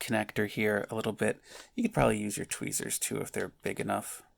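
Someone talks while handling the plastic end connector of a Galaxy's Edge lightsaber blade, rotating it with a finger as the blade tube is pushed back together so it lines up; tweezers could also be used if big enough. No snap is heard, and the connector has not seated or clicked into the blade tube yet.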